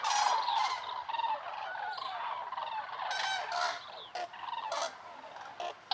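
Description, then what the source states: Common crane chorus, loud rolling bugles and trumpeting notes tumbling over one another in quick succession, some calls sharp and high, fading slightly toward the end. Flock on migration stopover, Lac du Der reservoirs, eastern France, November; over 200,000 birds counted; some winter there; stereo, Nagra Seven and MKH8020.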